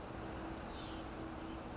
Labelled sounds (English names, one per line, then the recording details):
Hutton's Vireo
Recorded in Sonoma County, California